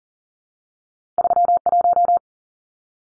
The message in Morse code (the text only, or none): 31